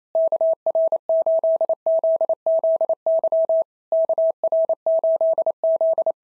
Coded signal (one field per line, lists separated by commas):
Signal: Morse code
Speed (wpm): 25 wpm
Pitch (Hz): 650 Hz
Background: none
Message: KR8ZZY KR8Z